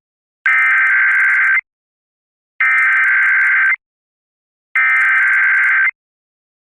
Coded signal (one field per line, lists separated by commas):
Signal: Emergency Alert System (SAME) tones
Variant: header bursts